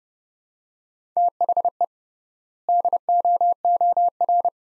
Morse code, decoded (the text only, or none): THE DOOR